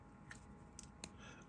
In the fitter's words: it clicks into place like so.